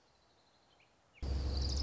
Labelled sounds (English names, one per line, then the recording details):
Orange-crowned Warbler
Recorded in Sonoma County, California